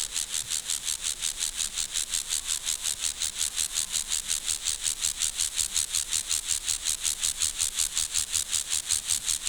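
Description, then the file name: Grasshopper song made of regular high, buzzy scraping pulses, roughly two or three per second, sustained steadily the whole time. "Chorthippus"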